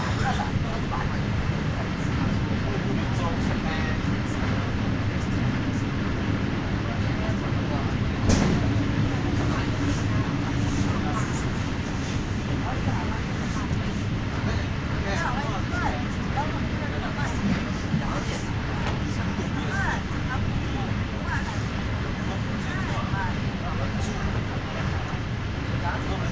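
A train rattles along in winter on the run from Verona Porta Nuova toward Milan, a steady low rumble filling the whole stretch. Clicks and clatters of the wheels come through often, with a sharper knock just past eight seconds, and faint voices murmur underneath.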